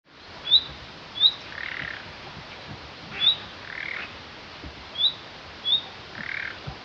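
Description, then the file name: Common nightingale calls: sharp, thin high notes alternating with lower, harsh rasping notes, several of each over a few seconds, over steady background hiss. "Luscinia megarhynchos"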